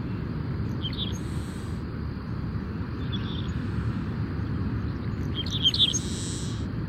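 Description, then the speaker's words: Sparrow singing a few short, high bursts at intervals against a continuous low rumble of waves. Sparrows singing along with waves crashing on the coast on a humid, salty morning at a migratory bird sanctuary in Louisiana. "I really appreciate the rhythm of the sparrows singing and waves crashing together."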